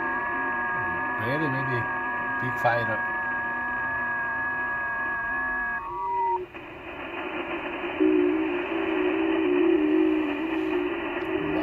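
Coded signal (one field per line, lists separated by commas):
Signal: FT8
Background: speech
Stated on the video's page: FT8 on 10 MHz, 30m band, DXpedition station at Conway Reef using IC-7600, SPE Expert 1.3K-FA amplifier and 30m dipole.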